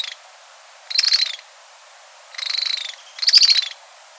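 Bird uttering three rasping, buzzy high calls, the middle one flatter and more drawn out, against a constant hiss.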